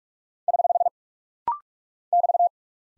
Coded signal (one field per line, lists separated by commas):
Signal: Morse code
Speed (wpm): 44 wpm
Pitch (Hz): 700 Hz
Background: none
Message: <HH> <BT>